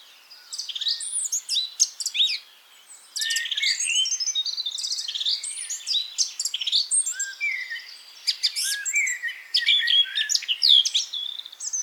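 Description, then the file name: Eurasian blackcap giving a busy, scratchy warble of quick high chirps and short whistled notes, with a brief pause near three seconds before the chatter resumes. "Sylvia atricapilla"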